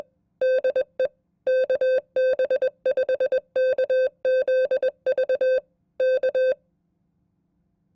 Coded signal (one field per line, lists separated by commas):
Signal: Morse code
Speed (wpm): 21 wpm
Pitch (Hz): 520 Hz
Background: none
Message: DE KB5KZV K